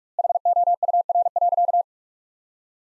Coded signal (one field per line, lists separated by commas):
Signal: Morse code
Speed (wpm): 46 wpm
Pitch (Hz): 700 Hz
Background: none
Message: HOUR.